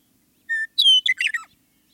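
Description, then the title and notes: Western meadowlark song: a steady whistled note, then a loud slurred descending whistle followed by a quick jumble of gurgling notes dropping at the end. "Western Meadowlark. Macaulay Library at Cornell Lab of Ornithology. Studio 360’s Remixing Spring Challenge"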